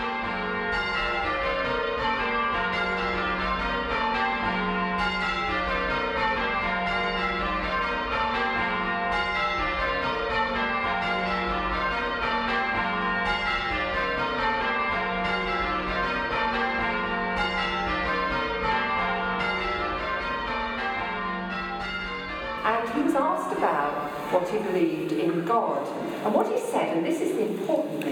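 Church bells ring in a steady, dense peal, their overlapping strokes cycling through repeating patterns at an even pace and full volume. At about 22 seconds the ringing cuts off abruptly, giving way to a rougher, uneven sound that may include voices.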